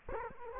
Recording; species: mosquito wingbeat signal from an infrared sensor; Culex quinquefasciatus